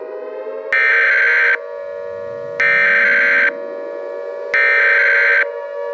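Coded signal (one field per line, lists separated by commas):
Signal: Emergency Alert System (SAME) tones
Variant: header bursts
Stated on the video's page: Fictional EAS scenario.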